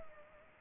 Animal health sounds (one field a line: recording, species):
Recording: mosquito wingbeat signal from an infrared sensor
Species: Culex pipiens